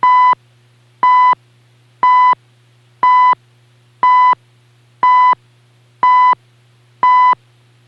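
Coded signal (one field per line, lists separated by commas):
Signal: radio time signal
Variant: CHU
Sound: eight short 1 kHz beeps, one each second, each about a third of a second long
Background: low mains hum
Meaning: Each pulse marks the start of one second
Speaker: and now the signal at 7.85 megahertz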